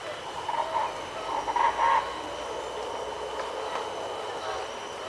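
Wedge-capped capuchin calls, a short cluster of rough, pulsed notes near the start, then quieter, with a steady high insect whine behind.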